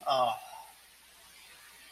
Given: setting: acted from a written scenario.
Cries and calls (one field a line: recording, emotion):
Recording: vocal sound without words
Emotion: sympathy